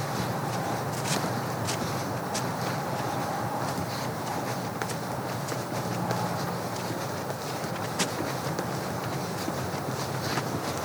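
A walk along a simple trail over a creek and through woods and field, with footsteps crunching every second or two. A steady low rumble and hiss run underneath throughout, with a faint, thin tone drifting in and out.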